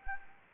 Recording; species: mosquito wingbeat signal from an infrared sensor; Anopheles gambiae